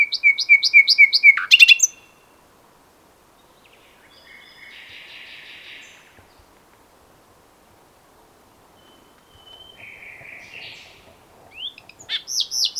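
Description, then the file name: Common nightingale song: a fast run of repeated, slurred notes, a pause, soft buzzy phrases and a thin whistle, then rapid notes return. "Luscinia megarhynchos"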